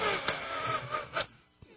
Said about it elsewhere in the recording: I'm sick. I have a cold. That's my breathing. It sounds like a whole classroom of children trying to whistle at once, and none of them know how.